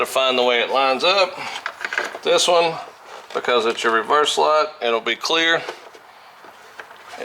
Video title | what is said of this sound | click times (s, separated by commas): INSTALLING THE IS300 LIGHTS AND GETTING THE HONDA VAN READY TO SELL | drops in locks into place everything | 6.8 s